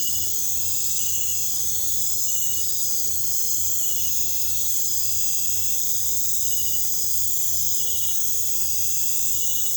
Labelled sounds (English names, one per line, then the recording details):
none
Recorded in pastures near Puerto Asís, Putumayo, Colombia, on 26 December 2024 at 02:30
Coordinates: 0.496, -76.326
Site G004